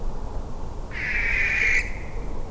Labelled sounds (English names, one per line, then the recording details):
Western Barn Owl
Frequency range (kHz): Western Barn Owl 1.3-10.6 kHz
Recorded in France